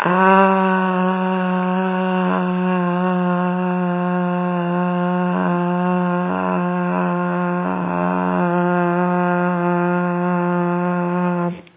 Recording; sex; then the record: sustained vowel /a/; female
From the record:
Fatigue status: no fatigue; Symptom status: symptomatic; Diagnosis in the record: COVID-19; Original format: 3gp